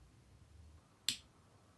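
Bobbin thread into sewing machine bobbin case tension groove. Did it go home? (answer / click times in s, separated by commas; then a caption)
yes / 1.1 s. Bobbin thread is slid into the metal groove under the tension spring of a front-loading sewing machine bobbin case while the bobbin is held down with a thumb. After a quiet stretch of low background hum, a single sharp, bright click sounds at 1.1 s and quickly fades. The thread is seated in the tension groove.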